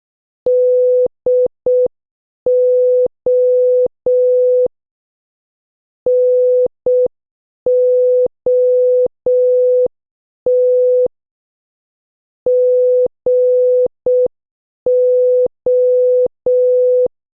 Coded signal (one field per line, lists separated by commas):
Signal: Morse code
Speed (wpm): 6 wpm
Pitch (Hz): 500 Hz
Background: none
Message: DO NOT GO